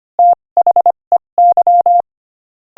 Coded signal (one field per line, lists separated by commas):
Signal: Morse code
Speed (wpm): 25 wpm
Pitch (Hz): 700 Hz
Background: none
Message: THEY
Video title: Morse Code Practice: 25 wpm Joke #16